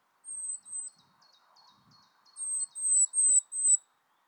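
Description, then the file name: Eurasian blue tit contact calls: soft series of very high thin drawn-out notes with quieter ticking notes below, in two short runs. "Cyanistes caeruleus"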